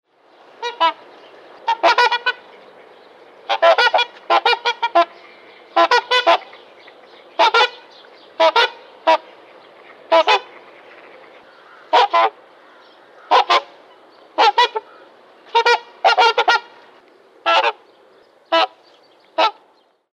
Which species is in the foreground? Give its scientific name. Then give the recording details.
Cygnus buccinator. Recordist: Tembrock, Günter. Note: Duett zweier Tiere